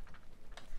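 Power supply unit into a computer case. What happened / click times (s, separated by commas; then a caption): Handled, not yet home: power supply being fitted, no confirmed seating click / none. A replacement power supply is being handled and pushed down into an Apple IIGS computer case, with its three holes lined up over the case's three protrusions. Faint soft ticks and a brief sharper tick around 0.6 s sit over low background rumble. Nothing has seated or clicked into place yet.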